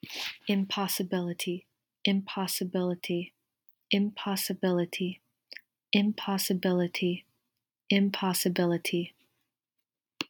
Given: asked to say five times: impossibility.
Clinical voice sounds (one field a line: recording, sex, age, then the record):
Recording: repeated word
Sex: female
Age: 20 to 29 years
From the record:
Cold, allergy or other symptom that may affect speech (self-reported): no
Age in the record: 22 years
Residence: Florida, United States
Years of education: 17